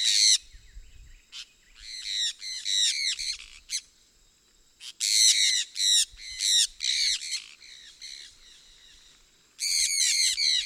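Sun parakeet calling, strident raspy screeches in fast runs, broken by pauses.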